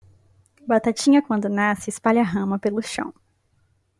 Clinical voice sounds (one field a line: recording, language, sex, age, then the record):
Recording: short text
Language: Brazilian Portuguese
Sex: female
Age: 20 to 29 years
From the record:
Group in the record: control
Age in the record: 26 years